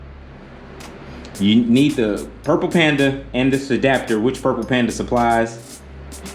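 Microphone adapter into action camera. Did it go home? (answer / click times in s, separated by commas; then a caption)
no / none. A microphone adapter is being handled by an action camera's port, with someone talking over a low steady hum and a brief sharp sound near 1.2 s. The clip ends before the adapter clips in, so nothing has seated or clicked yet.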